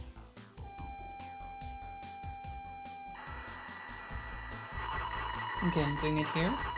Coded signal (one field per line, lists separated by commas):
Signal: ZX Spectrum tape loading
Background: speech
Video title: BackBit Cart on ZX Spectrum 128k Toastrack - Featuring SIDBox and DIVmmc